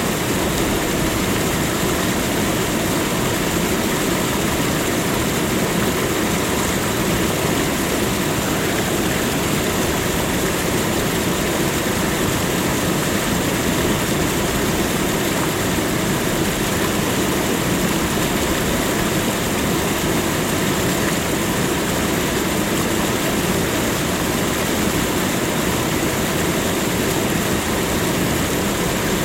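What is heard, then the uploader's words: A powerful waterfall roars without pause, a dense, unbroken rush of falling water. The sound is steady from start to finish, heavy and full in the low range with a constant hiss above, and no separate events stand out. Powerful Waterfall Sounds of Nature.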